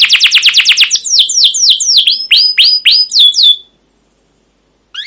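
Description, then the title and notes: Canary trilling quickly, then slowing into well-spaced sweeping chirps before a pause and a brief final note. Caged canary song used as a lure and tutor for young canaries learning sounds; long, continuous chirping-and-rolling style called cuit cuit ngerol, gacor panjang. "CUIT CUIT NGEROL LANGSUNG GACOR PANJANG Kenari Ini AMPUH Utk Pancingan KENAR. PANCINGAN Kenari GACOR PANJANG Cuit CUIT EMOSI ini AMPUH utk MASTERAN Kenari PAUD belajar BUNYI. burung kenari"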